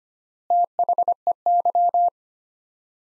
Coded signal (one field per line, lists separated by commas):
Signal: Morse code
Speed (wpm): 25 wpm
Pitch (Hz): 700 Hz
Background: none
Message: THEY